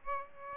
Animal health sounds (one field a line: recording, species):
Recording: mosquito wingbeat signal from an infrared sensor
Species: Aedes aegypti